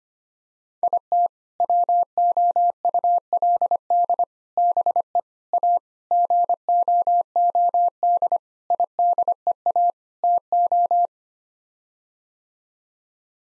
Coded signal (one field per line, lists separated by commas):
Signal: Morse code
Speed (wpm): 25 wpm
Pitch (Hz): 700 Hz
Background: none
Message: IT WOULD BE A GOOD IDEA TO